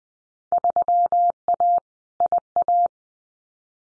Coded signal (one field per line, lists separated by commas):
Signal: Morse code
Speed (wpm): 20 wpm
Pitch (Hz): 700 Hz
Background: none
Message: 3A IA